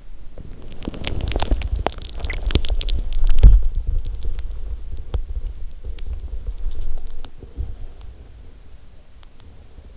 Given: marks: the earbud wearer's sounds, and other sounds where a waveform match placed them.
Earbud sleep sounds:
sounds in sleep by an in-ear microphone; teeth grinding, body movement, swallowing
0.00-3.74 s: teeth grinding
1.46-9.87 s: body movement
2.13-2.97 s: swallowing

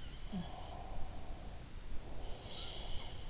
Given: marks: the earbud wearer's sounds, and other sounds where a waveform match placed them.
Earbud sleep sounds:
sounds in sleep by an in-ear microphone; breath
0.00-1.51 s: sound from someone else or the room
0.41-3.20 s: breath
2.38-3.30 s: sound from someone else or the room

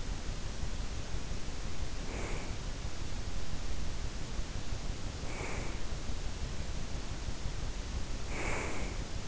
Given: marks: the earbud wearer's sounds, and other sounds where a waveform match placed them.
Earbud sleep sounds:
sounds in sleep by an in-ear microphone; breath
1.71-2.68 s: breath
5.09-6.06 s: breath
8.05-9.28 s: breath

